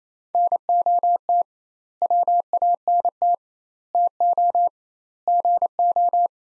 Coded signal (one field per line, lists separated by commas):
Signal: Morse code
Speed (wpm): 28 wpm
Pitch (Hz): 700 Hz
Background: none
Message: NOT WANT TO GO